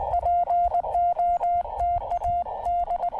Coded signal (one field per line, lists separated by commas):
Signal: Morse code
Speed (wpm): 20 wpm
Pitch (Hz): 700 Hz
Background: none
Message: POTA D